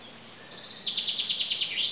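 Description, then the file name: Common chaffinch song, a fast series of high repeated notes ending in a short flourish, against a hissing background. "Fringilla coelebs"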